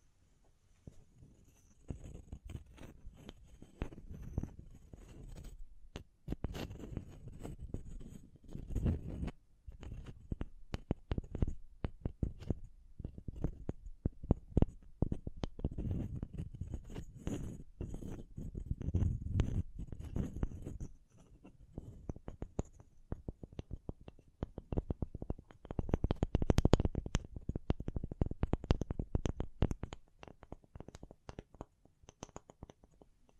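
Dense tapping, scratching and brushing sounds with light crinkles run for the whole stretch, made of quick irregular clicks and rubbing strokes. The activity swells in bursts, busiest around the middle and near the end, with short quieter gaps between. A low rumbling texture sits underneath.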